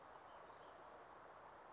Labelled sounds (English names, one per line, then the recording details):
Warbling Vireo
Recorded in Sonoma County, California